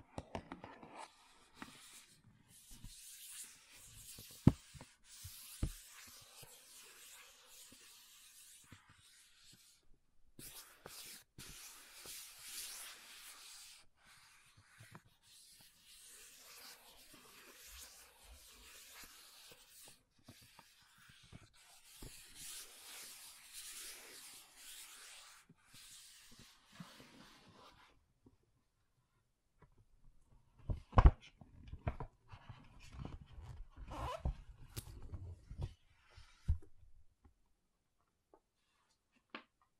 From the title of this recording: MAKEUP TAPPING & SCRATCHING